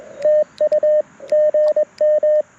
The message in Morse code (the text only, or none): TU GM